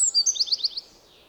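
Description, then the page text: Eurasian wren song fragment, a brief burst of high, sharp notes in a quick trill lasting under a second. "Голоса птиц - Крапивник"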